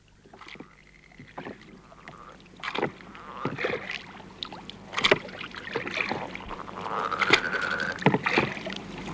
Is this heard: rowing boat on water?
yes